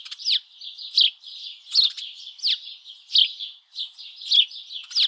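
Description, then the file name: House sparrow chirping, short bright notes repeated in a steady series, each with a sharp downward flick, over a continuous chattering background. "Passer domesticus"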